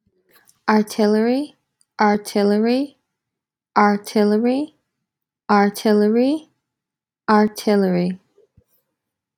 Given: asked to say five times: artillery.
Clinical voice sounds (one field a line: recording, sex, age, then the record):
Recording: repeated word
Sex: female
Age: 30 to 39 years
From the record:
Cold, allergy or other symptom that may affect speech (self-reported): no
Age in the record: 31 years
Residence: New York, United States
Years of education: 18